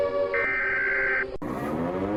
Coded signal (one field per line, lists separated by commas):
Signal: Emergency Alert System (SAME) tones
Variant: header bursts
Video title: Rating more Regions EAS Alarms! Pt.28 | Thank you for 680 Subscribers!